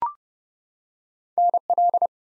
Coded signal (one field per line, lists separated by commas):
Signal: Morse code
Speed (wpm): 31 wpm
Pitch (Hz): 700 Hz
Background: none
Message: NL